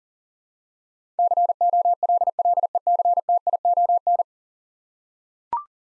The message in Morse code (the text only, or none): COLLECTION